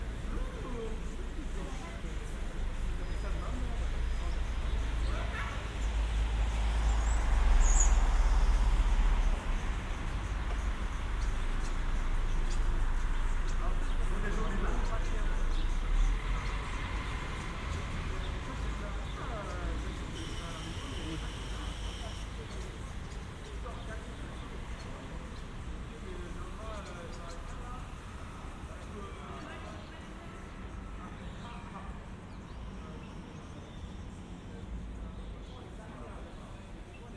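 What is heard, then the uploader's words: A binaural street soundscape in Geneva: a steady low rumble of traffic runs throughout, swelling louder between about six and sixteen seconds as a vehicle passes. Voices and scattered clatter come and go, with a faint high whine near eight seconds. Generative soundscape based on a two-dimensional random walk between four binaural soundscapes recorded at different locations in Geneva.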